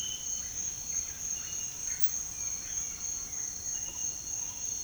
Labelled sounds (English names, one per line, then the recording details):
none
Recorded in dense forest near Puerto Asís, Putumayo, Colombia, on 18 February 2024 at 07:00
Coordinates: 0.502, -76.324
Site G6370